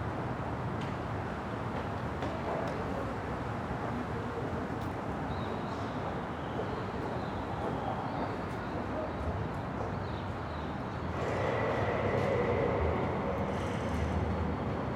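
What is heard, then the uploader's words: Steady street rumble at a building entrance, with faint clicks and higher whines, swelling slightly louder with a passing vehicle near eleven seconds. Building Entrance Near the Street.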